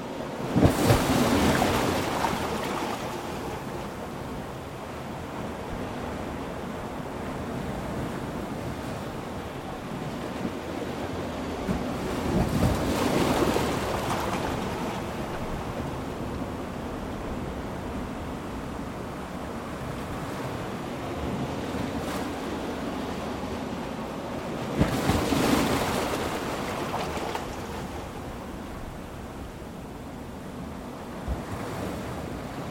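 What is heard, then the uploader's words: A shallow tide smacks against the underside of a large boulder, with heavy splashing hits near the start, around 13 seconds and again near 25 seconds. Between these crashes the water churns and hisses steadily, with a low rumbling wash underneath. Coastal Hollow - Crashes. This is the underside of a large boulder being repeatedly smacked by a shallow tide.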